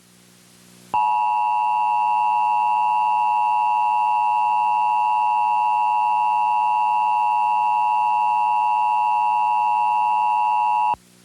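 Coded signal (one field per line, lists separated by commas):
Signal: Emergency Alert System (SAME) tones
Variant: 853 and 960 Hz attention tone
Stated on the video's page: Mock alert for fictional nuclear terrorism, not a real activation.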